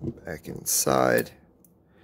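During reassembly of a Proto J5249XLBL 3/8 inch drive pear head ratchet (8-1/2 inch, black oxide), the steel snap ring is being dropped back into the ratchet head while someone talks. After the speech, only a faint, brief tick is heard near 1.6 seconds before the clip goes quiet. Nothing has seated or clicked yet; the snap ring has not been pushed into its groove.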